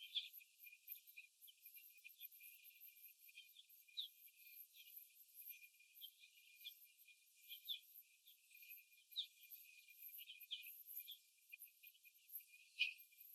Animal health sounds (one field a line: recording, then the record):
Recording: young laying hens in a cage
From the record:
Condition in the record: after the stressor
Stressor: simulated dog barking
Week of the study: 1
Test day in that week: 2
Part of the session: 4